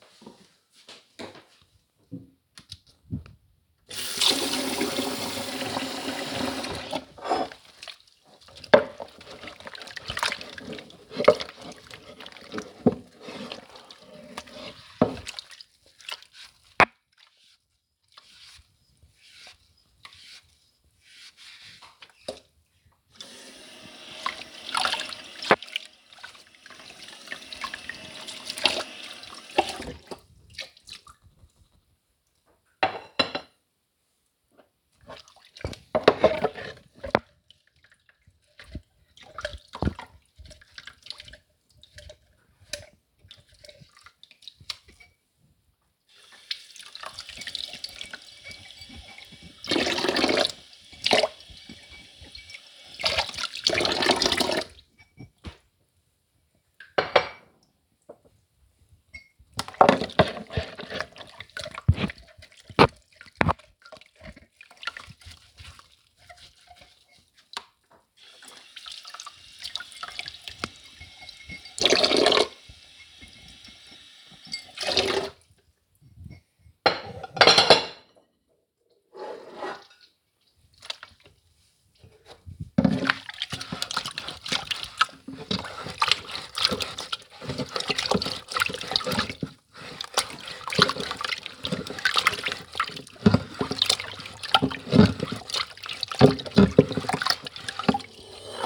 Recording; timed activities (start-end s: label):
household activities, microphone on the right wrist
3.22-98.66 s: washing dishes